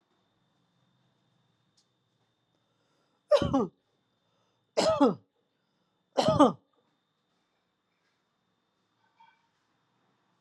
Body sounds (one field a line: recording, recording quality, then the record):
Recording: heavy voluntary cough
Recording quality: poor, much background noise or distortion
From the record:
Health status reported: healthy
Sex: female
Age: 51 years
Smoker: no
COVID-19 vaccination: both doses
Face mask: not worn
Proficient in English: yes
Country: India